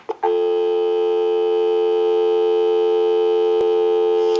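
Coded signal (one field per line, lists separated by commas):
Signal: telephone call progress tone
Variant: North America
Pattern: dial tone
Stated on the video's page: Call progress tone heard on a Western Electric 2554 touch tone wall telephone during checkout and repair conversion.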